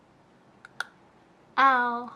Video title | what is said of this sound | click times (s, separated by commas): FIRST TIME GETTING INVISALIGN! (HOW DOES IT WORK? IS IT PAINFUL? COSTS?) | you're gonna hear it snap oh | 0.6 s, 0.8 s